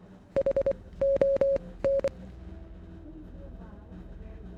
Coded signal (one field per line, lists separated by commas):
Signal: Morse code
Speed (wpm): 24 wpm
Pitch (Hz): 550 Hz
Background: none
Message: HON